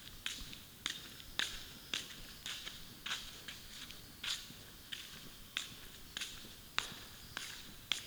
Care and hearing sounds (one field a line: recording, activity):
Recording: daily activity, guitar pickup as the sensor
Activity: walk